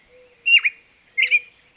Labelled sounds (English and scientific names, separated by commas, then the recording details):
Mourning Dove (Zenaida macroura)
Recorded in Sonoma County, California